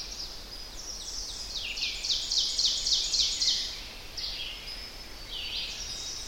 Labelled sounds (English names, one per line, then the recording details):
Ovenbird song
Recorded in boreal forest in Alberta, Canada, on 10 June 2016 at 07:50
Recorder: SongMeter 3, array SBT-3-39
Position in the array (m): 215 m, 167 m
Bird 17